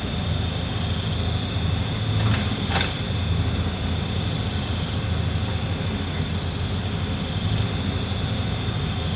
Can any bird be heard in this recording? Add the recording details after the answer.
no. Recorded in pastures near Puerto Asís, Putumayo, Colombia, on 18 December 2024 at 20:30. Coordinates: 0.466, -76.322. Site G040